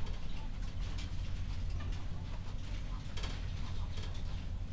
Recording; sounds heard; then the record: poultry house recording; healthy chickens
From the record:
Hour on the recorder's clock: 21